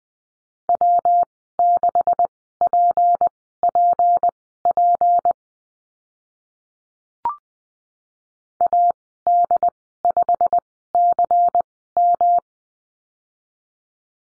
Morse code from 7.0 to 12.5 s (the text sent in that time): AD5CM